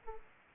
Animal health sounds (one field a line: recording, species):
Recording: mosquito wingbeat signal from an infrared sensor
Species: Aedes aegypti